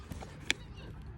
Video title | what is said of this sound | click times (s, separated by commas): Rollerblade Lighting 80 - Review | You really want to hear that click | 0.5 s